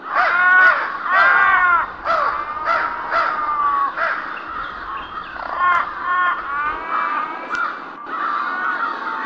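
Crows cawing in a chorus: harsh, hoarse caws from several birds overlap continuously, some in quick bursts of two or three.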